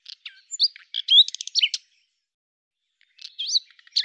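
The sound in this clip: Common nightingale giving a varied phrase of quick chirps, slurred whistles and a short buzzy run, followed after a silence by a few further twisting notes.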